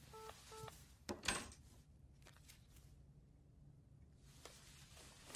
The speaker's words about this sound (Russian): Положил телефон и вышел из кабинета.